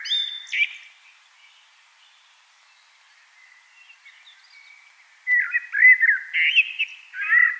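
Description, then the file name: Common blackbird song: a phrase tail with high chirps, a quiet stretch, then a lively run of fluted, warbling notes. "Turdus merula"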